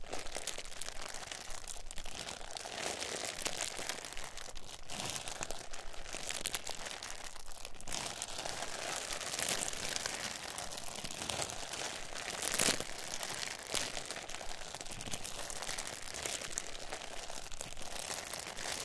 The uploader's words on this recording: Crinkling Plastic Bags. We listen to the sound of multiple plastic bags being fiddled and played with. This is a binaural recording.